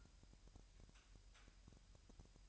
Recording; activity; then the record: daily activity, microphone in the room; take from stove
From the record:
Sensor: 2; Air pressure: 1001.8 hPa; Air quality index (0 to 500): 241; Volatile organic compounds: 32 ppm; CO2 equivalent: 2999 ppm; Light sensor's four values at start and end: 5/11/4/4 and 5/11/4/4